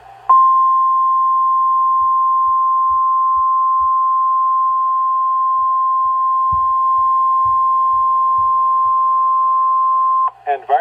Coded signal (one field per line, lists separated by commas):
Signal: Emergency Alert System (SAME) tones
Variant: 1050 Hz attention tone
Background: speech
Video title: EAS #1 (TOR)